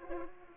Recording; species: mosquito wingbeat signal from an infrared sensor; Culex pipiens